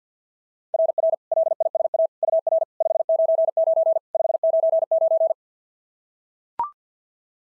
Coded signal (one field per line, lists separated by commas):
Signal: Morse code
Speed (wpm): 46 wpm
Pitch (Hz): 660 Hz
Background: none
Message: RR LISA UR 599 599